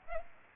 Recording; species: mosquito wingbeat signal from an infrared sensor; Aedes aegypti